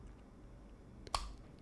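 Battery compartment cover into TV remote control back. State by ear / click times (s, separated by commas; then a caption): seated / 1.1 s. The plastic battery compartment cover of a TV remote control is lined up over the edge and slid along the remote's back until it locks. A faint tick comes at about 1.1 s, then a sharp click at 1.1 s as the cover seats shut.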